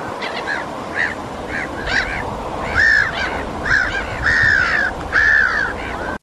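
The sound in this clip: Pectoral Sandpiper calling with short, arched, reedy notes, repeated irregularly, longer and louder toward the end, over a steady background hiss.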